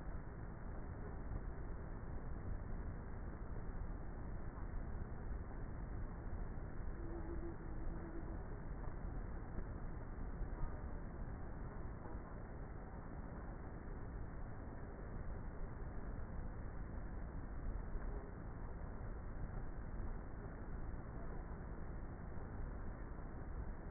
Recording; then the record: honeybee colony, microphone inside the hive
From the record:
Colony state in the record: queenless with a low population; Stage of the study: before two queens were removed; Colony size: about 30,000 bees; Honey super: no